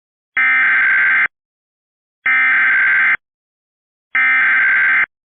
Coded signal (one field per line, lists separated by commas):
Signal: Emergency Alert System (SAME) tones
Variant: header bursts